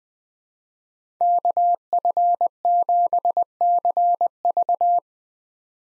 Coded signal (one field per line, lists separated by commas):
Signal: Morse code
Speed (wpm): 20 wpm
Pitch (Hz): 700 Hz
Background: none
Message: KF7CV